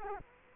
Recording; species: mosquito wingbeat signal from an infrared sensor; Culex quinquefasciatus